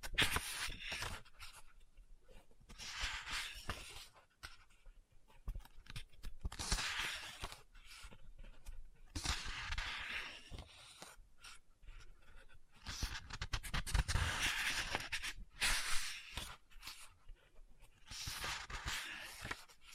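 Scratching and tapping on a book, with papery swishes that sound like pages turning. Bright, rasping bursts of a second or two return every few seconds, and soft, dull taps fill the quieter gaps between them.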